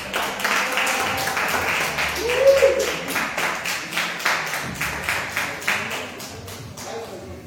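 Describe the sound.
A crowd at a gathering where food is being served applauds, honouring the person who supplied the sesame for all the moles, with steady, dense clapping that keeps up for several seconds at an even loudness, with a brief voice or whoop rising over it partway through.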